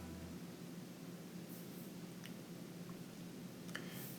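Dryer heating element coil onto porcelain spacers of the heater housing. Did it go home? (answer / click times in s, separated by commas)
yes / 2.3 s, 3.8 s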